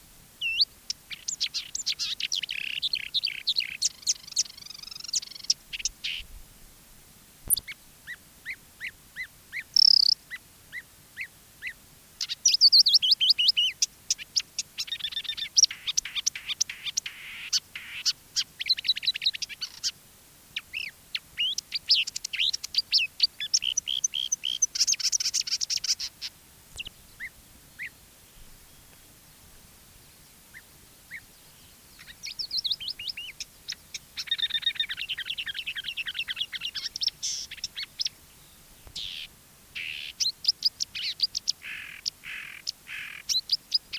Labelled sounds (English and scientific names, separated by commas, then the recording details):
Marsh Warbler (Acrocephalus palustris) song
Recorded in the wild
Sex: male
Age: adult
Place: Wiesenthau, Bayern, DE
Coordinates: 49.7128, 11.1353
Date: 1963-06-05
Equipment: Nagra, Original, Vollspur
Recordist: Tretzel, Erwin